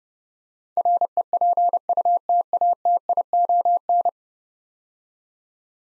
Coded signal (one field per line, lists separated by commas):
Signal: Morse code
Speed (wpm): 30 wpm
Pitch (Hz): 700 Hz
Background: none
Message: REPUTATION